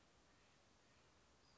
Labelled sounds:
Western Flycatcher (Empidonax difficilis)
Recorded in Sonoma County, California

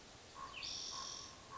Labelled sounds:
Spotted Towhee (Pipilo maculatus)
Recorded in Sonoma County, California

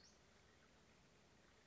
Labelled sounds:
Western Flycatcher (Empidonax difficilis)
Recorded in Sonoma County, California

